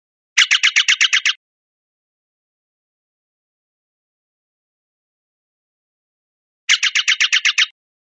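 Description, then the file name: Steller's jay harsh call: two bursts of about eight rapid, grating notes, each burst lasting about a second, separated by around five seconds of silence. "CR STJA 041203"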